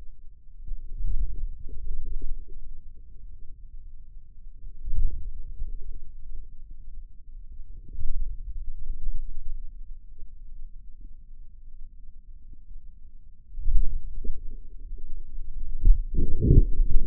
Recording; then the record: forearm muscle sounds (acoustic myography)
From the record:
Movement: wrist flexion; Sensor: system 2, bracelet of six BSWA MPA416 microphones around the upper forearm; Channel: 6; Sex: male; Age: 22 years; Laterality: right